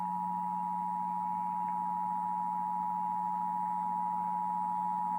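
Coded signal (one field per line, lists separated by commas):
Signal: Emergency Alert System (SAME) tones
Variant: 853 and 960 Hz attention tone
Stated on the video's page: Iowa EAS Required Monthly Test originated from an AM station and relayed on all Iowa radio and TV stations.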